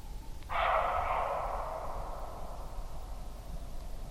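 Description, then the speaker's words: Roe deer bark: one harsh, hoarse bark that fades slowly, with low steady background rumble. Male roe deer (buck) calling during a cold evening walk; the voice can frighten people who do not know it. "No ale też odzywała się sarna, czyli tak naprawdę kozioł. I posłuchajcie sobie, bo to fajny taki głos kozła sarny."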